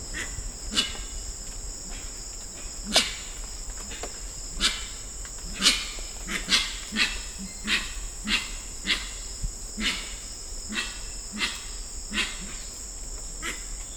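Grey-winged trumpeter calling: rough, rasping bursts with a deep grunting element, repeated many times at uneven intervals, while insects drone steadily.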